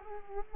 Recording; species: mosquito wingbeat signal from an infrared sensor; Culex quinquefasciatus